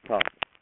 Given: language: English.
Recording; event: throat vibration sensor signal played as sound; speech